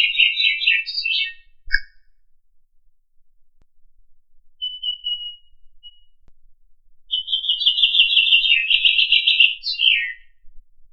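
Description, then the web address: Nightingale song: a rich, buzzy trilled phrase, a short note, a faint thin whistle, then a long rolling trill that drops at the end. Lipovka, May 2013. "lipovka photo 2013 May solovei"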